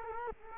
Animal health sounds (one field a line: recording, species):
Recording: mosquito wingbeat signal from an infrared sensor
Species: Culex quinquefasciatus